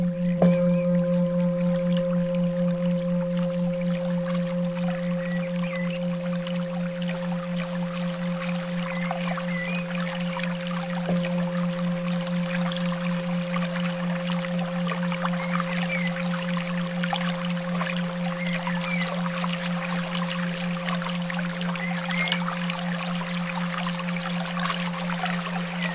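A bowl's low, steady ringing drone hangs beneath a soft rush of running water, with a faint higher tone and occasional light clicks.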